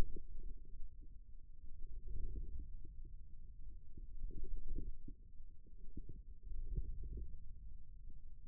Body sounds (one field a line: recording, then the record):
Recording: forearm muscle sounds (acoustic myography)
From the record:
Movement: wrist extension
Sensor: system 2, bracelet of six BSWA MPA416 microphones around the upper forearm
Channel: 4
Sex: male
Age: 22 years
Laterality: right